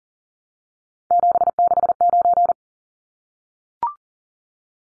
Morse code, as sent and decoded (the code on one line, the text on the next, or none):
--... -.... ----.
769